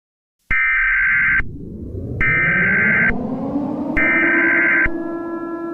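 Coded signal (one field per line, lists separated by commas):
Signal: Emergency Alert System (SAME) tones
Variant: header bursts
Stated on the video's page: Fictional EAS scenario.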